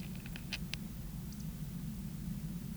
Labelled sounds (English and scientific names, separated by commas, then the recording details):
Eurasian Woodcock (Scolopax rusticola) whistle
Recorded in Baden-Württemberg, Germany, on 11 June 2021 at 20:17 UTC
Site 24606, 635 m above sea level